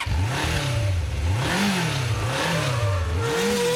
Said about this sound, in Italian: Dobbiamo ascoltare una sigletta del prefinale.